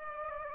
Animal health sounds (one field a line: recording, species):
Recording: mosquito wingbeat signal from an infrared sensor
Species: Aedes aegypti